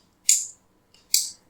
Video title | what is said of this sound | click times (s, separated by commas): THAIYAL MACHINE NOOL KORPATHU EPPADI - power machine thread poduvathu eppadi - sri art & creation | அவ்வளவுதான் lock ஆயிடுச்சு | 1.1 s